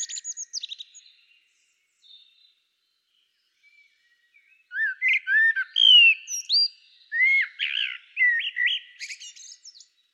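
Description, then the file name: Common blackbird song: a brief high twitter at the start, then a fuller phrase of fluting, slurred whistles that rise and fall before breaking into thin squeaky notes. "Turdus merula"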